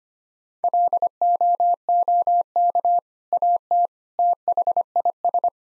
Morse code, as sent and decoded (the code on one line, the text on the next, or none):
.-.. --- --- -.- / .- - / - .... .. ...
LOOK AT THIS